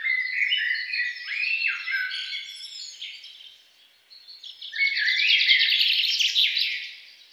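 Songbird with a tumbling warble, a pause, then a loud, fast rattle of repeated high chirps that tapers off.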